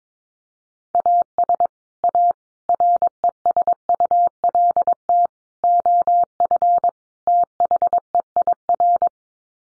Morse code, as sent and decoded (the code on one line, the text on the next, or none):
.- ... / .- / .-. . ... ..- .-.. - / --- ..-. / - .... . .. .-.
AS A RESULT OF THEIR